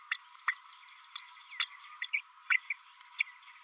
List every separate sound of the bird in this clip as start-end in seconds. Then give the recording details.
0.11-0.16, 0.47-0.54, 1.15-1.20, 1.60-1.67, 2.02-2.07, 2.13-2.21, 2.50-2.57, 2.70-2.73, 3.19-3.23. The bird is a female. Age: 32 days. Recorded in a nest box in Venezuela. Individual 17B32A5